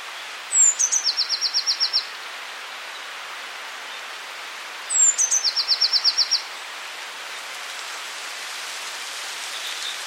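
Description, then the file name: Eurasian blue tit song, twice: a thin high descending note or two followed by a fast even trill of about ten notes, over steady background hiss. "Cyanistes caeruleus"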